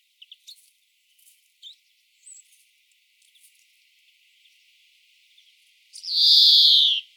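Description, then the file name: European greenfinch: soft scattered chips and twitters, then one long, loud nasal wheeze falling in pitch at the end. "Chloris chloris"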